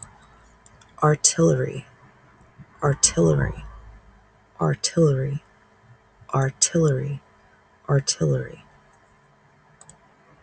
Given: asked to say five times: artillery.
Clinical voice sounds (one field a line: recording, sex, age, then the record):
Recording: repeated word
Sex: female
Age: 30 to 39 years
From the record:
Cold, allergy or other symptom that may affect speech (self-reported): no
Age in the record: 31 years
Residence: Massachusetts, United States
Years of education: 12